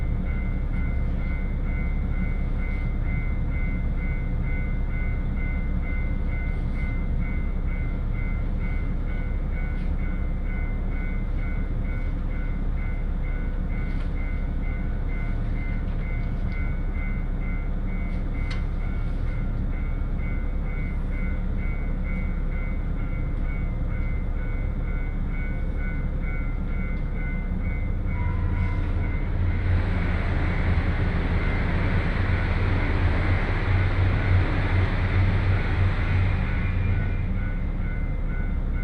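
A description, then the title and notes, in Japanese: A train ride on the Hakodate Main Line, with a steady deep rumble from the wheels and a faint, constant whine above it. Around 28 seconds a loud, bright hiss rises and holds for nearly ten seconds before fading. 耳で楽しむ鉄道旅 函館本線 函館→池田園（藤城支線経由）。函館から大沼を経由して、2022年廃止駅（ちなみに乗車日は廃止前日です）の１つである池田園駅まで行ってみました。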